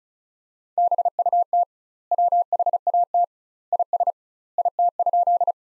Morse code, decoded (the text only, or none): BUT WHAT IS IT?